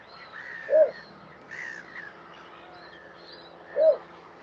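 Bittern calls: a pair of short, hollow, arched notes three seconds apart, with faint bird chatter underneath.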